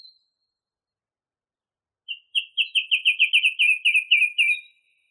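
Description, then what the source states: Song thrush song: a brief thin note, silence, then a fast even trill of many notes, slightly falling in pitch. Masteran (tutor) song used for training songbirds.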